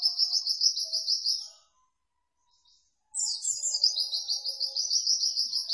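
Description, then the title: White-eye song: a fast, high twittering run of chirps that stops abruptly, falls silent for over a second, then bursts back in with a brief higher note before the steady chatter resumes. Masteran (cage-bird song training recording) of a gacor, vigorously singing pleci, intended for training competition birds. "Pleci Gacor 02. Masteran Burung PLECI Paling DICARI Untuk Cetak PRESTASI"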